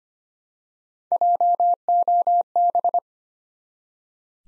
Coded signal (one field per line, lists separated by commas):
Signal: Morse code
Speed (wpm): 25 wpm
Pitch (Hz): 700 Hz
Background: none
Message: JOB